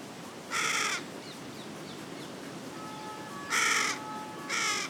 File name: Corvus corone